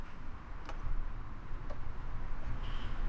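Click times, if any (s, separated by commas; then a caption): 0.7 s. A portable car lift is lowered so its metal safety lock teeth drop onto the steel bar at its base, with a sharp metallic click at 0.7 s over a low rumbling background. The teeth engage and lock the lift, so it can no longer lower any further.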